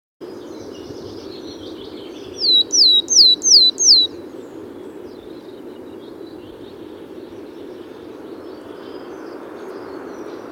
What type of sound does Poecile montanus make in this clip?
song